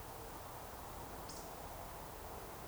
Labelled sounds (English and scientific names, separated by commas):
Eurasian Woodcock (Scolopax rusticola) whistle